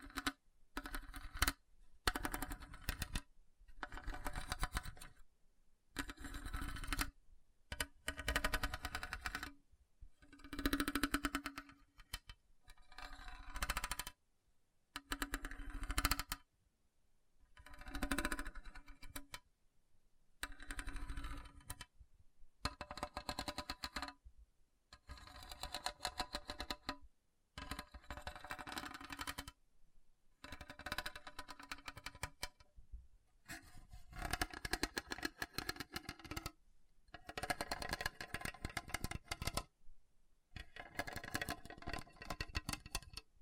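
Scratching on a hard, bumpy surface comes in quick rough bursts, each a second or two long, broken by short silences throughout. The strokes sound gritty and rattling, with a faint steady hum showing through some of them, and the pace stays fairly even.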